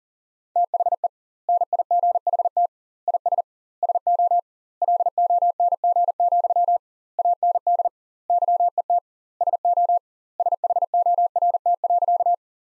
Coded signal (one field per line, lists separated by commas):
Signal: Morse code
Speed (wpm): 40 wpm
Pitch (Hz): 700 Hz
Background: none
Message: THE NIGHT IS SO LONG, AND YET SO SHORT.